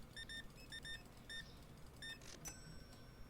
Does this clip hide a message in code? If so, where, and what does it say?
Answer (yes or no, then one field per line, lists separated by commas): no